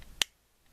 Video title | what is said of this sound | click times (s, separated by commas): Transformers review Unique toys Sharkies aka Sharkticons | you can hear it click | 0.2 s